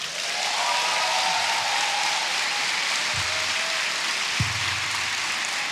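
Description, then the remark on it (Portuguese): A live show audience votes by applause for a contestant, the man from Emel, in a steady, dense wash of clapping that holds at an even level for several seconds, with a couple of dull low thumps partway through. “Por palmas, o senhor da Emel.”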